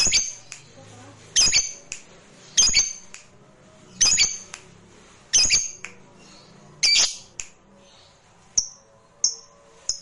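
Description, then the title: Lovebird squawks, harsh high bursts repeated roughly every one to two seconds, then a few short thin chirps at the end. Recording meant to spur a reluctant lovebird into spontaneous, eager, sustained singing. "LOVEBIRD Malas Bunyi JADI GREGET SPONTAN Langsung NARIK"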